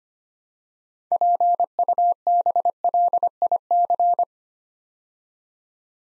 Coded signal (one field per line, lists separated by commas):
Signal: Morse code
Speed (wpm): 25 wpm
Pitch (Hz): 700 Hz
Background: none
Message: PUBLIC